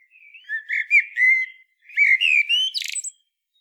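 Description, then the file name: Common blackbird song: two mellow, fluted, warbling phrases separated by a short pause, the second ending in a thin, squeaky high twitter. "Turdus merula"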